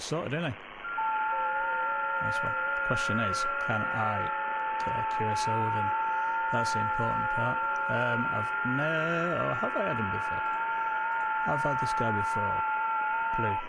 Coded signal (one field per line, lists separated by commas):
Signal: FT8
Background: speech